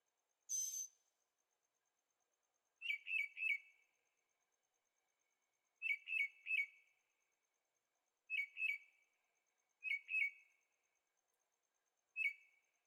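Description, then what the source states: Bird song: a high note, then clusters of one to three quick chirps repeated at irregular intervals. Birds singing at night in Carefree, Arizona; recorded in stereo on a Zoom H6.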